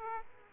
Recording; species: mosquito wingbeat signal from an infrared sensor; Aedes aegypti